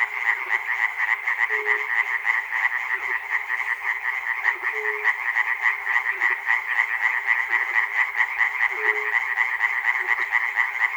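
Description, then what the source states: Frog chorus of fast, buzzy croaking pulses throughout, with a short low note recurring every few seconds beneath it. Frogs recorded at Chernobyl.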